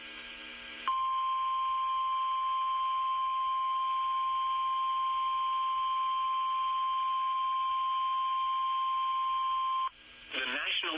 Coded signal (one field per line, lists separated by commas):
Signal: Emergency Alert System (SAME) tones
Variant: 1050 Hz attention tone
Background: speech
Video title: 1/10/20 EAS Tornado Watch #3 Dallas, Texas (DFW Metroplex) NOAA Weather Radio KEC56